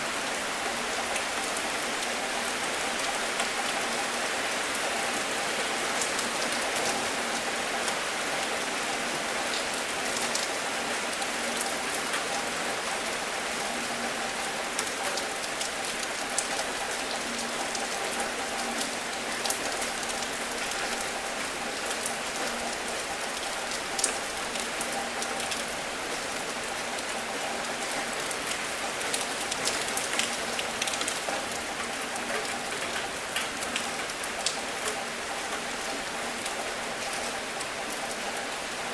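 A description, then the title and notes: Raindrops hit concrete in a steady, dense patter that holds an even level for the whole stretch. The sound is bright, with countless small taps and occasional sharper drops standing out, and a faint low hum underneath. Rainy weather sound effect. Raindrops hitting concrete create a rhythmic sound.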